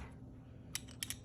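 A small decorative cap held in the body of a Grohe Eurocube bathroom faucet by an O-ring, which pops in and out rather than screwing in, is pried out by reaching in with a tool. Sharp, short clicks ring out over a low steady hum at about 0.8 s and 1.0 s, with fainter ticks at 0.9 s and 1.1 s, as the cap pops free.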